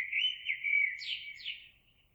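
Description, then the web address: Eurasian blackbird song phrase: mellow fluted whistles sliding up and down, then two higher squeaky notes, trailing off over faint low background noise. Recorded 26 April 2022. "oiseaux Merle 2022 04 26"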